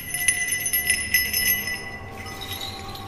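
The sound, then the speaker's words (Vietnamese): Small bells jingle and chime in a few shaken bursts over the first two seconds, then a thin high ringing lingers and fades. No voices. “Gã đưa tay quẹt ngang những thứ nhơ nhớp của cái xác bắn lên mặt, thì bất ngờ có tiếng leng ca leng keng như tiếng chuông gọi hồn, làm cho gã giật thót mình, suýt nữa đái cả ra quần.”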